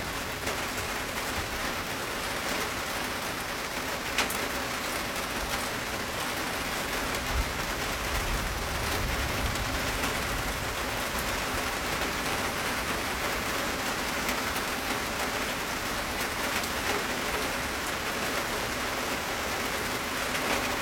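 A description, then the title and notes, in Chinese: Steady rain falls in a courtyard, a dense, even hiss with brief louder patters, a faint low rumble in the background near eight seconds. 3D白噪音 庭院里的雨声。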